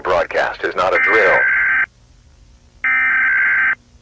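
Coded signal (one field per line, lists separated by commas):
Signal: Emergency Alert System (SAME) tones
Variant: header bursts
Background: speech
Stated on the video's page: Fictional EAS scenario; alarm sounds same as the real ones.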